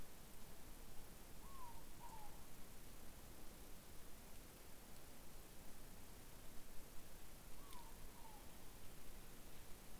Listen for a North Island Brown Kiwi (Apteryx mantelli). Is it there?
no